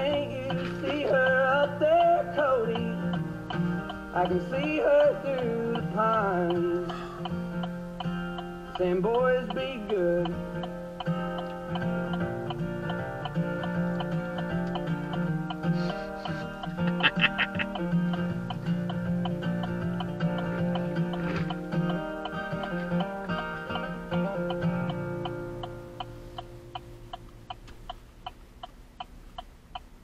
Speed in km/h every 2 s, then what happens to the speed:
0, 0, 0, 0, 0, 0, 0, 0, 0, 0, 0, 0, 0, 0, 0.
0-30 standing.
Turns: none.